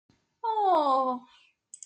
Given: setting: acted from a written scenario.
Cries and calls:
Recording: vocal sound without words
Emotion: adoration

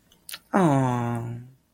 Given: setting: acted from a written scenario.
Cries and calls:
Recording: vocal sound without words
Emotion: romantic love

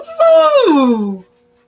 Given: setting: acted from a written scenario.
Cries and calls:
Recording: vocal sound without words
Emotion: triumph

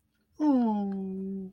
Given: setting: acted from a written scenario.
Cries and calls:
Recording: vocal sound without words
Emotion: adoration

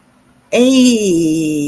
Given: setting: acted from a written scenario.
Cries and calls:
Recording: vocal sound without words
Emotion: pride

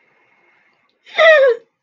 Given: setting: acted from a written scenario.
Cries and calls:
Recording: vocal sound without words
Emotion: pride

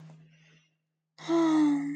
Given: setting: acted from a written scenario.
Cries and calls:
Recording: vocal sound without words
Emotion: romantic love

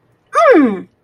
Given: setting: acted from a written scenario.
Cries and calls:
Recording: vocal sound without words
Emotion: pain

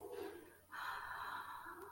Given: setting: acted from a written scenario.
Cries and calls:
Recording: vocal sound without words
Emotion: serenity

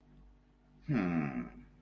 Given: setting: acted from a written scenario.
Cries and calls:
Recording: vocal sound without words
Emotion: pride

